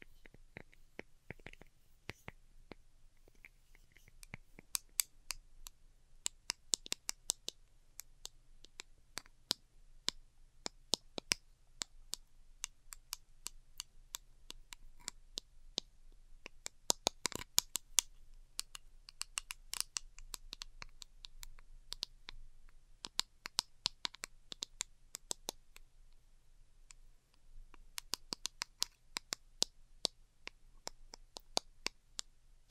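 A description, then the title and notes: Delicate tapping made of quick, sharp clicks that come in irregular bursts, sometimes dense and rapid, sometimes sparse with short pauses, like light typing. A steady low hum sits underneath throughout, and the taps stay soft with only occasional brighter peaks. ASMR DELICATE Tapping for Sleep (No Talking).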